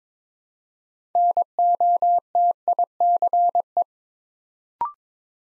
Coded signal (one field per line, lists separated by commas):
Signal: Morse code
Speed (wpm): 22 wpm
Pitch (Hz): 700 Hz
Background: none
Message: NOTICE